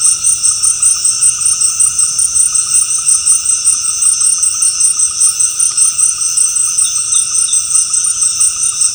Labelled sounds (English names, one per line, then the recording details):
none
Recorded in secondary vegetation near Puerto Asís, Putumayo, Colombia, on 13 March 2025 at 18:30
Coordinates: 0.485, -76.322
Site G040